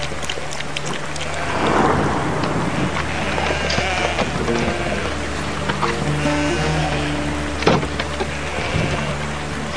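Steady rain hisses throughout while low thunder rumbles swell and roll beneath it, with a sharper crack of thunder bursting out near the end. No voices are heard.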